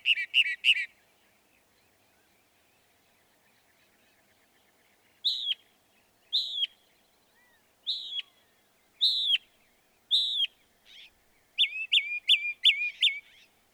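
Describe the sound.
Northern mockingbird song: a brief repeated trio of notes, a long pause, then spaced sharp downslurred notes and a final run of repeated whistles.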